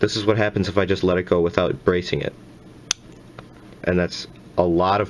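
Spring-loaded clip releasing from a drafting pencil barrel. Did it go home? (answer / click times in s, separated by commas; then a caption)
released / 2.9 s. Someone talks, then lets the spring-loaded clip on a Pentel Graph Gear 1000 0.5mm drafting pencil go without bracing it. The tensioned clip snaps back against the barrel with a single loud, sharp snap at 2.9 s, showing its high spring tension. A faint tick follows before the talking resumes.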